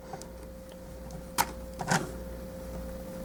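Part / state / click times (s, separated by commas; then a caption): sliding plastic panels on a transforming robot toy / not seated / none. Plastic leg panels on a transforming combiner robot toy are handled and slid down toward their locking position. Faint ticks and two brief plastic knocks around 1.4 s and 1.9 s sound over a steady low hum. Nothing has seated or clicked into place yet.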